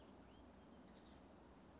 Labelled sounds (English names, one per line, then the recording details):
Oak Titmouse
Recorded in Sonoma County, California